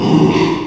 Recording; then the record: squeal of a Yucatan mini pig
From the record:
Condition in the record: after surgery on the right vocal fold (resection and tissue-engineered implant); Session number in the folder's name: 1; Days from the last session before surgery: 6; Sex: male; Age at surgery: 12 weeks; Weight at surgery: 13 kg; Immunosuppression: cyclosporine, prednisolone